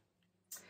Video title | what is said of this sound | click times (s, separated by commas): MANCAGE WITH PLUG by SHOTS. Instructional Video - BDSM Cock Cage - Transparent | that and you can hear it click together now | 0.5 s